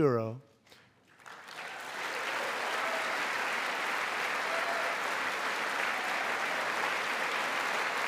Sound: applause

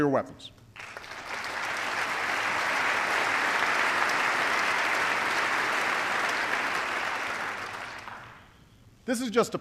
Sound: applause

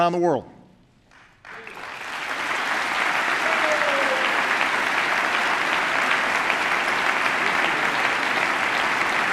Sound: applause

